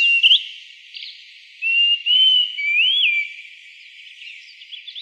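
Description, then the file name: Greater pewee giving a few drawn-out, clear whistles that rise and then slide down, with faint high chirping behind. Arizona. "GRPE 2 deviche"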